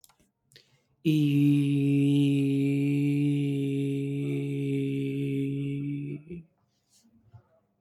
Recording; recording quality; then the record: sustained vowel as in beet; excellent, no background noise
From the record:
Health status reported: exposed to COVID-19, no respiratory illness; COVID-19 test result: negative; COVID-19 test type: RT-PCR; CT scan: not taken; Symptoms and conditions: cough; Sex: male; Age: 26 years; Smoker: yes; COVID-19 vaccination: both doses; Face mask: not worn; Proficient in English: yes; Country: India